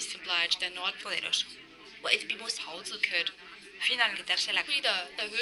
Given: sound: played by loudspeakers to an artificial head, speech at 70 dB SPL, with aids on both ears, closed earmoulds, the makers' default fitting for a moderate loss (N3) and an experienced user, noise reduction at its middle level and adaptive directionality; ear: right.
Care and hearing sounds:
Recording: speech test signal (ISTS) in cocktail-party noise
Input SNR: +3 dB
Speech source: in front (0 degrees)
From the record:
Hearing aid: class 2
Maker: B

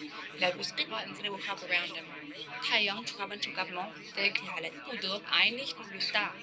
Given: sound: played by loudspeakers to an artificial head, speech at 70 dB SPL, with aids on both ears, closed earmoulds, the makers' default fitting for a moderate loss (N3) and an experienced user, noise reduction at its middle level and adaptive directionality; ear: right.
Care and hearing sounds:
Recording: speech test signal (ISTS) in cocktail-party noise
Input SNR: -3 dB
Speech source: on the right (90 degrees)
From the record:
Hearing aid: class 2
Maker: I

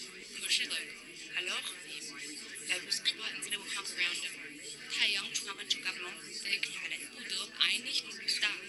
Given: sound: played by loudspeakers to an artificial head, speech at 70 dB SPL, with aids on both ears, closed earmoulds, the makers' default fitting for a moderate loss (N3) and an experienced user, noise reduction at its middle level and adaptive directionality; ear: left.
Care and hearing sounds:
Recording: speech test signal (ISTS) in cocktail-party noise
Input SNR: -6 dB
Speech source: in front (0 degrees)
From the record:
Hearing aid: class 2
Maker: H

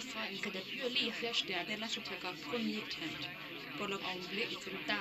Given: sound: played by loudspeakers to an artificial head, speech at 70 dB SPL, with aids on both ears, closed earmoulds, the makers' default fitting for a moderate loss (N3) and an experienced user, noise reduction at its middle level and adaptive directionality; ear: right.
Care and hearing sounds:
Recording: speech test signal (ISTS) in cocktail-party noise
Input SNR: +6 dB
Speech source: in front (0 degrees)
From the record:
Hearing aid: class 1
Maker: D

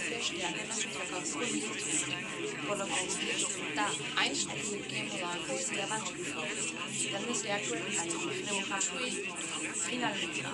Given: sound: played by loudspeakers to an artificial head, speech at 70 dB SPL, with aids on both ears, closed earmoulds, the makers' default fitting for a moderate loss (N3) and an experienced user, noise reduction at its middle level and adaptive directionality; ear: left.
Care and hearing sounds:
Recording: speech test signal (ISTS) in cocktail-party noise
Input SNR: -3 dB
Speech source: on the right (90 degrees)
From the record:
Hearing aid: class 2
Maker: E

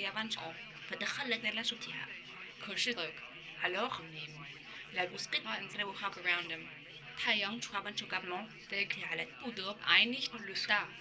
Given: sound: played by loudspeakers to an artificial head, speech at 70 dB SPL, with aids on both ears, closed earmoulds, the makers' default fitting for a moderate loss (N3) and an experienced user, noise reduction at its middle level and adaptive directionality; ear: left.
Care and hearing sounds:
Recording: speech test signal (ISTS) in cocktail-party noise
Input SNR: +9 dB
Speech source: in front (0 degrees)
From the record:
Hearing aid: class 2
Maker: F

